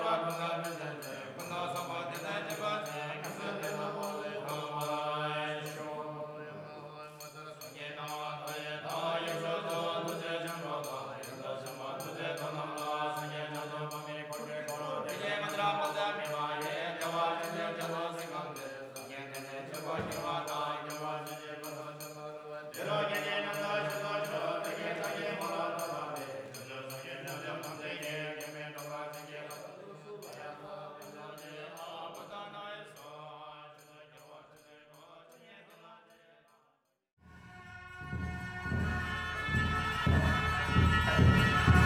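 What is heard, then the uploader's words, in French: Buddhist monks chant in a prayer ceremony, several voices holding low, sustained, overlapping tones while a fast, regular tapping runs above them. The chant dips briefly around 7 and 20 seconds, then cuts off near 37 seconds into a rougher, noisier passage with a low rumble. Cérémonie de prières, moines bouddhistes. Bodnath est l'un des plus grands sanctuaires bouddhiques de la région de Kathmandu, avec une grosse communauté de réfugiés tibétains.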